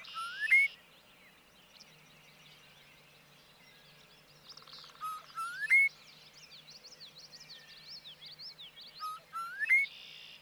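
Bobolink song: a few rising whistled slurs, then a bubbly burst of quick jangling notes, with another rising whistle near the end.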